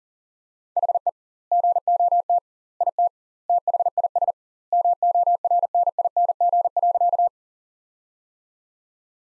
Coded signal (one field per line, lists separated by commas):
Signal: Morse code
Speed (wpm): 37 wpm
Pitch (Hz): 700 Hz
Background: none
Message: HE GOT IT THIS MORNING.